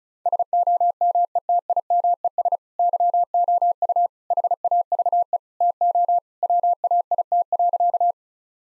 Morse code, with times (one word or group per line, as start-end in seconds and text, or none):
0.3-2.6 SOMETIMES
2.8-4.1 YOU
4.3-5.4 HAVE
5.6-6.2 TO
6.4-8.1 WAIT.